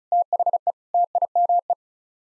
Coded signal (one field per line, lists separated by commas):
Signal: Morse code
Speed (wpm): 34 wpm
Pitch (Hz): 700 Hz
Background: none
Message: THE TIME